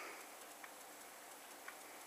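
During reassembly of a BlackBerry Pearl 81XX smartphone, the small trackball module is pressed into its housing in the phone's front fascia. Two faint ticks at 0.6 s and 1.7 s stand out over a steady broadband hiss, and the trackball pops into place, seated.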